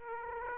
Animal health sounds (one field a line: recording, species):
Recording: mosquito wingbeat signal from an infrared sensor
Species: Aedes aegypti